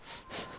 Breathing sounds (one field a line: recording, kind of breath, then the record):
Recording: one breath in and out by a microphone near the nose and mouth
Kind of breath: strong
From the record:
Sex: male